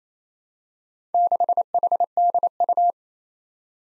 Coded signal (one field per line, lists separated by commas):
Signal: Morse code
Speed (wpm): 27 wpm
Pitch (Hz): 700 Hz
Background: none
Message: 6HDU